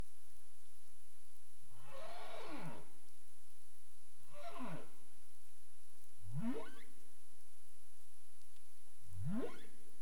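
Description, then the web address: Humpback whale song units: four sweeping cries, the first two falling in pitch and the last two rising sharply, with constant background hiss. Caribbean, recorded 27 April 2035 at 22:35 UTC. "CARIMAM clean data humpback whale"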